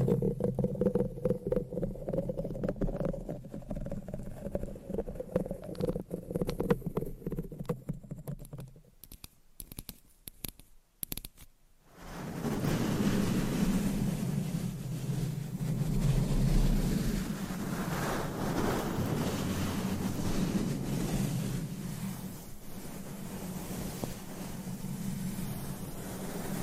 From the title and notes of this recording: Changing Triggers Every Few Seconds Scratching , Tapping , Massage & More No Talking.